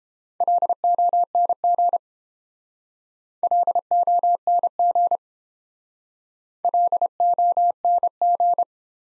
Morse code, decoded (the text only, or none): LONG LONG LONG